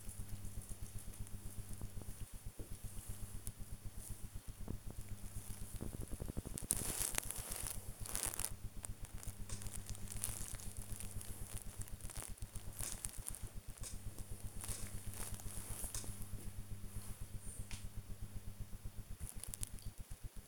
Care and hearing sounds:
household activities, microphone on the right wrist
0.00-9.52 s: working on the computer
12.53-20.48 s: working on the computer

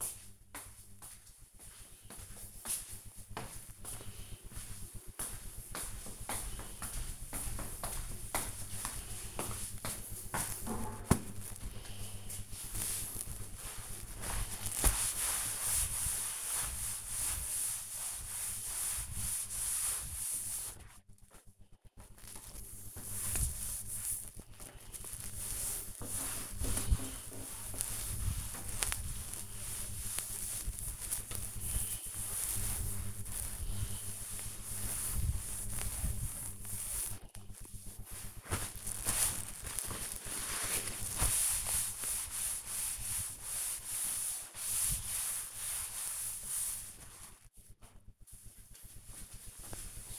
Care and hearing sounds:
household activities, microphone on the right wrist
11.53-46.75 s: cleaning table

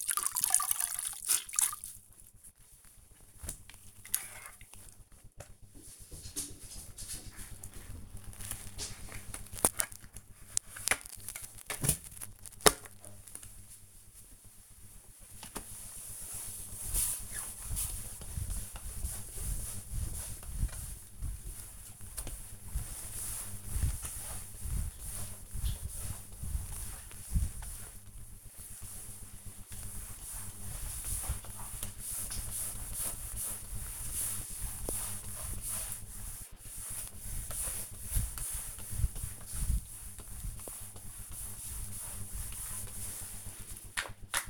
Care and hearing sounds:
household activities, microphone on the right wrist
0.00-44.50 s: floor cleaning

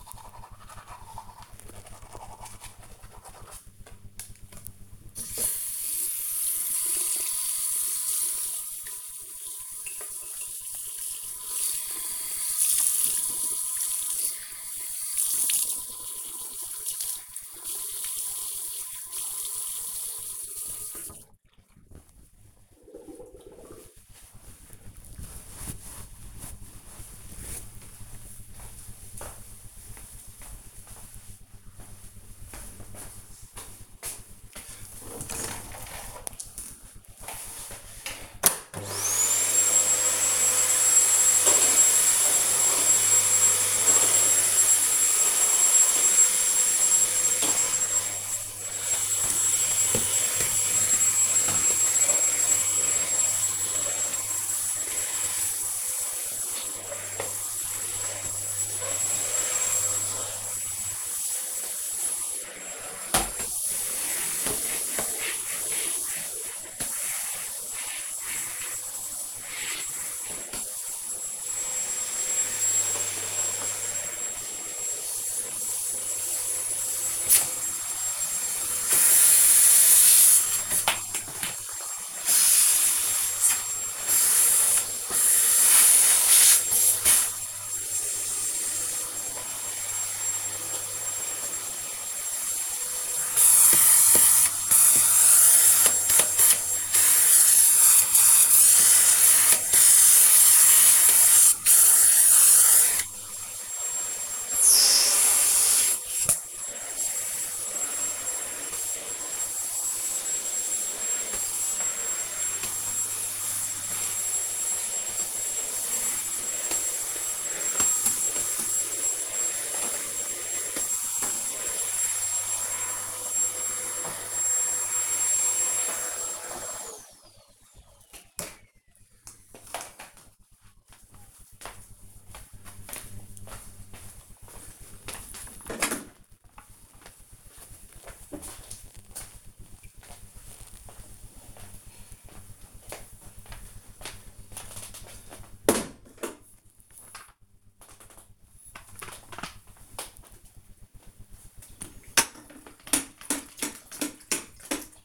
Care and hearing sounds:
household activities, microphone on the right wrist
0.00-20.46 s: brushing teeth
36.59-122.35 s: vacuum cleaning
147.53-155.05 s: floor cleaning

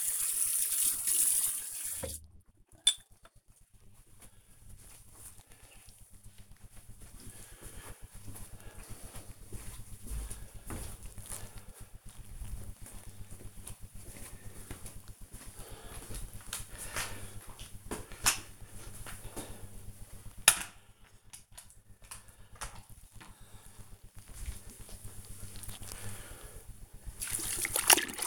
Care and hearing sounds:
household activities, microphone on the right wrist
0.00-1.70 s: brushing teeth
15.76-28.27 s: floor cleaning

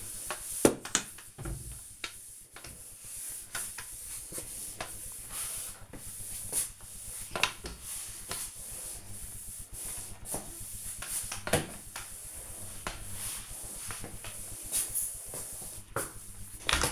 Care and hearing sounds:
household activities, microphone on the right wrist
0.00-16.92 s: floor cleaning

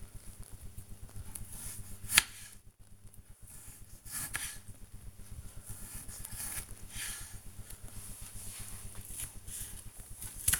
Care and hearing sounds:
household activities, microphone on the right wrist
0.00-10.60 s: cutting vegetables

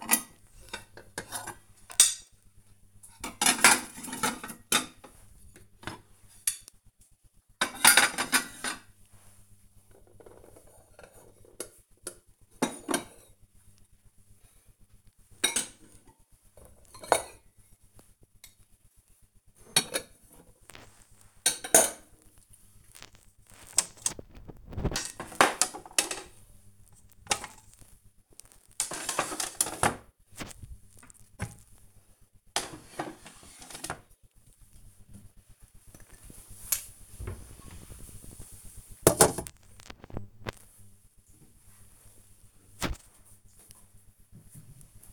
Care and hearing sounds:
household activities, microphone on the right wrist
0.00-43.14 s: putting away the dishes

